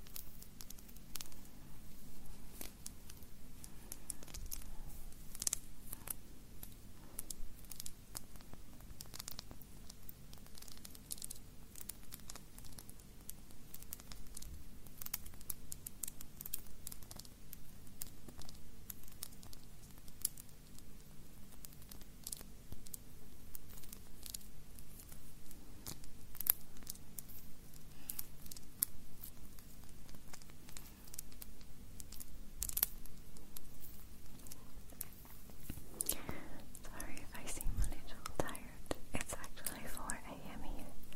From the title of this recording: Whispered Nail Tapping